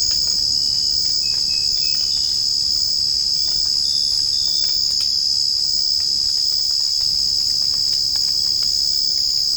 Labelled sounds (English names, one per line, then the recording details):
none
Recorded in dense forest near Puerto Asís, Putumayo, Colombia, on 25 June 2025 at 04:00
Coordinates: 0.481, -76.323
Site G072